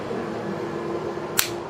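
A bespoke plastic iPhone 4 cradle, chosen because its holes let it slot on, is pushed onto an Ultimate Addons click-on direct-to-battery hard wire handlebar mount box. Over a steady low background hum, a single sharp click sounds at 1.4 s, the second click of the fitting. The cradle is seated and confirmed really secure.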